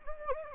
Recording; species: mosquito wingbeat signal from an infrared sensor; Anopheles gambiae